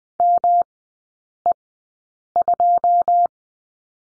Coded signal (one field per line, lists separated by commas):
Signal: Morse code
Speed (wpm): 19 wpm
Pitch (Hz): 700 Hz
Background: none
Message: ME2